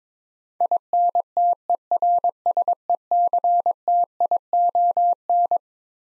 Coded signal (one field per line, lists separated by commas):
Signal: Morse code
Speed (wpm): 22 wpm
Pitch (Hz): 700 Hz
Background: none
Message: INTERSECTION